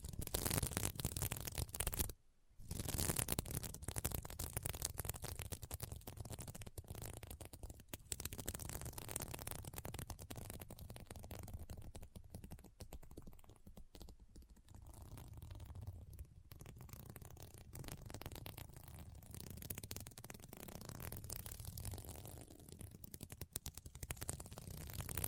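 Scratching on a sequin mermaid pillow, a dense run of quick, rough strokes that rasp across the surface almost without pause. The sound is bright and gritty with a low rumble underneath. Near two seconds it stops dead for a brief moment, then continues steadily.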